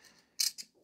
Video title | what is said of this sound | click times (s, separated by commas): Custom 3D Printed Golf Ball Collection Rack - Free Download (print your own) | snaps right in there here let me try to get that on camera so you can see how that works | 0.4 s